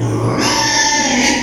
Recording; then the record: squeal of a Yucatan mini pig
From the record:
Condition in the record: before surgery on the right vocal fold (resection and tissue-engineered implant); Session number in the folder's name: 2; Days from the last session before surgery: 0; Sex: male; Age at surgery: 12 weeks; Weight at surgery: 13 kg